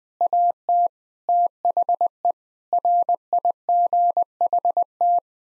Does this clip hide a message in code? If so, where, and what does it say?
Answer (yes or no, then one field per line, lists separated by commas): yes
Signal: Morse code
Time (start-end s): 0.2-5.2 s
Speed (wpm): 19 wpm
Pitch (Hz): 700 Hz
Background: none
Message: AT THE RIGHT